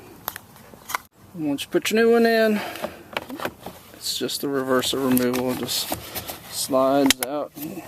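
A new cabin air filter is being slid into the filter housing behind the glovebox of a Honda Odyssey, and its cover is being handled for reinstallation while someone talks. Sharp plastic clicks and taps are heard around 0.3, 0.4, 1.0 and 3.2 seconds amid the handling. Nothing has seated or clicked into place yet.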